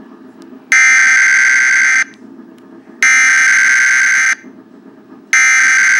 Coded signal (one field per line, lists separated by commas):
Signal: Emergency Alert System (SAME) tones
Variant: header bursts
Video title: Example - Weather Warning Tornado Siren - EAS Activation Example